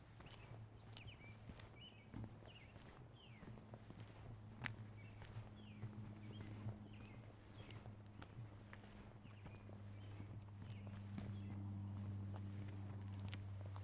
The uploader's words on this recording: Karen Eisenbrey and Keith Eisenbrey stroll in the neighborhood of the Tintinabulary, Seattle.